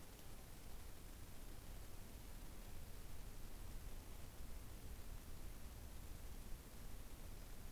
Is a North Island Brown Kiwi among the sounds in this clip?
no